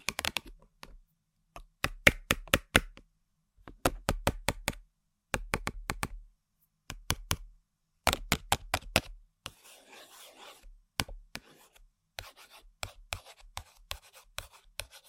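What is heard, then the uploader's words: Quick clusters of sharp taps on a hard object come in bursts about every second and a half, with brief silences between. Near the ten-second mark a dry, rasping scratch takes over, then lighter, sparser taps and faint scratching carry on. ASMR Tapping & Scratching On Random Objects (No Talking).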